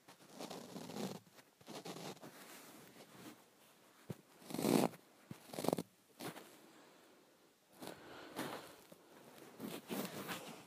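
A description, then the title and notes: A lotion bottle is squeezed and shaken to get the last of the lotion out, giving bursts of squelching, sputtering and scraping noise. The loudest squirts land around four to six seconds, with smaller wet rasps and taps continuing irregularly to the end. ASMR Getting Lotion out of the Bottom of the Bottle.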